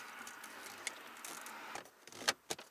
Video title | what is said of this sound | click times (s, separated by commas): Kino the Tundra Episode 6 - Installing my NSV Light Bar from Headlight Revolution - TMWE S5 E3 | clicks right in there | 2.3 s